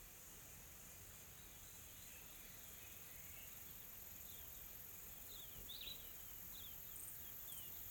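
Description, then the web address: Insects keep a constant high whine while birds give scattered short chirps and trills toward the second half. Calm tropical forest ambience in South Africa with soft insects calling. "Sonniss com - GDC 2020-Game Audio Bundle Smart Sound FX - Nature South Africa AMBIENCE Additional Tropical Forest Soft Insects Calm"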